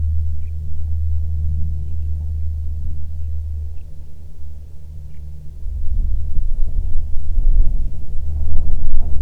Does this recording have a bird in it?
yes